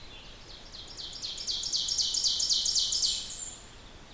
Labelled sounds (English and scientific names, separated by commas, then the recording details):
Ovenbird (Seiurus aurocapilla) song
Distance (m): 35 m
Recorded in boreal forest in Alberta, Canada, on 14 June 2016 at 05:43
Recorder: SongMeter 3, array SBT-3-33
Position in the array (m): 119 m, 25 m
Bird 21